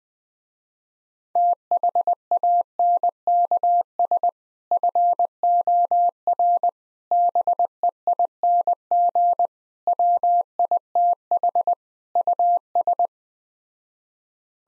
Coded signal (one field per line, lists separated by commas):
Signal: Morse code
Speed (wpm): 20 wpm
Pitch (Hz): 700 Hz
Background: none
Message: THANKS FOR BEING WITH US